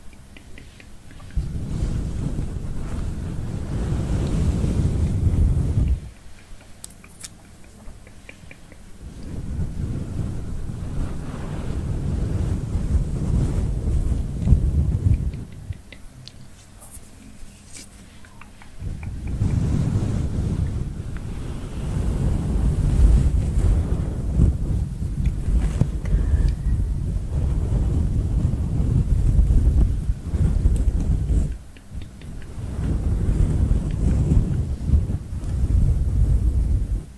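A head massage, heard as heavy, rumbling rubbing that buffets like wind against a microphone. The rubbing comes in long dense stretches of several seconds, broken by quieter pauses around 6, 15 and 31 seconds, with occasional faint crackles and taps.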